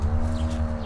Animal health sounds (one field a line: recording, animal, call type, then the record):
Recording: contact call of a hoofed animal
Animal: cattle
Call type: low-frequency (closed-mouth) or high-frequency (open-mouth) call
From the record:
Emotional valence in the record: negative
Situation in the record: full separation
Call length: 0.86 s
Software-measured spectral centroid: 1940 Hz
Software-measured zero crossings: 630 a second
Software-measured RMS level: -24 dBFS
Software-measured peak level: -14 dBFS